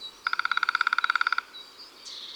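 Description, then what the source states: Lesser spotted woodpecker calling one fast, even series of about eighteen shrill piping notes in just over a second, followed by a faint high whistle. Recorded in January.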